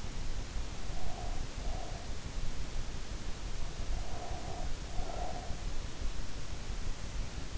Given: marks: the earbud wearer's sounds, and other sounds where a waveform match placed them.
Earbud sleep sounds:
sounds in sleep by an in-ear microphone; breath
0.82-2.35 s: breath
3.95-5.58 s: breath

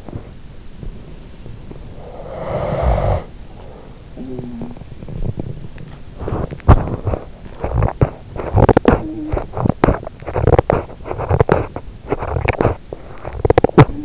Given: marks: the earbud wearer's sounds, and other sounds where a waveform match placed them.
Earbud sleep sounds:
sounds in sleep by an in-ear microphone; teeth grinding, snoring breath
0.00-1.80 s: teeth grinding
1.94-4.04 s: snoring breath
4.94-14.05 s: teeth grinding
9.00-9.35 s: sound from someone else or the room

